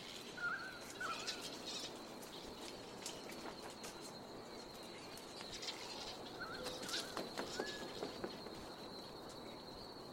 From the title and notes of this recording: Twilight is descending and a colony of Grey-Headed Flying Foxes chatter happily.